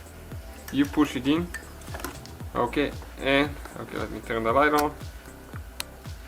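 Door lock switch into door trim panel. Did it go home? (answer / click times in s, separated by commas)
yes / 5.8 s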